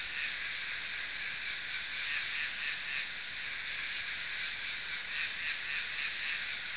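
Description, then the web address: Insect producing an unbroken shrill, grating drone, slightly swelling and fading in a quick, uneven pulse across the whole recording. "昆虫声音素材"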